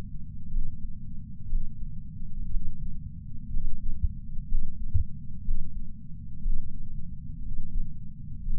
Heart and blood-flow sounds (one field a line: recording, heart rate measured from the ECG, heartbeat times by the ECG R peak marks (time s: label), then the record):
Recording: heart sounds by patch sensor on the chest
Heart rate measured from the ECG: 61 bpm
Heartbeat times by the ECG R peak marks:
0.47 s: heartbeat
1.46 s: heartbeat
2.47 s: heartbeat
3.47 s: heartbeat
4.44 s: heartbeat
5.40 s: heartbeat
6.38 s: heartbeat
7.38 s: heartbeat
8.39 s: heartbeat
From the record:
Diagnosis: coronary artery disease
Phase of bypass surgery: postoperative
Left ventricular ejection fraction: 61.7%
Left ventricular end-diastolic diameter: 51 mm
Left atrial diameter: 37 mm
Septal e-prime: 6.5 cm/s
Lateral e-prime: 9.2 cm/s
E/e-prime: 11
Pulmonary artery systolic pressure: 22 mmHg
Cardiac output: 4.8 L/min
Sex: male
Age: 59 years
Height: 168 cm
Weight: 81 kg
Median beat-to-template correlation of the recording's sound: 0.85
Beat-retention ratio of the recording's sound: 1.00